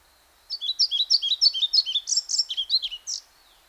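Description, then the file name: European pied flycatcher singing a rapid run of two-toned see-saw notes, closing with a few varied flourishes. "Мухоловка пеструшка Ficedula hypoleuca"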